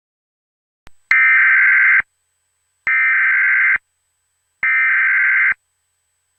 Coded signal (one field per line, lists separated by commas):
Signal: Emergency Alert System (SAME) tones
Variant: header bursts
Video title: EAS Scenario: Angels [The Complete Series] #eas #easscenario